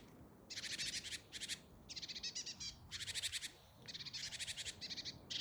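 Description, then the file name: Great tit scolding churrs, dense buzzy rattled phrases following one another with short breaks, harsh and insistent. "Parus major"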